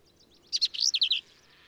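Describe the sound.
Black-capped vireo song: one quick burst of several sharp, squeaky notes, high and slightly varied, lasting under a second in quiet surroundings.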